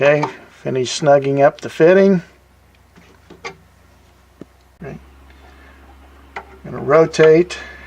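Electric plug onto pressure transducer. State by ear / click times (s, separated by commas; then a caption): not seated / none. Someone talks while snugging up the fitting under a new pressure transducer on a Dredgemaster, then gets ready to rotate the electric plug onto the transducer. Between the speech there are soft, faint handling ticks and taps, with a sharper tap at about 6.4 s. Nothing has seated or clicked yet.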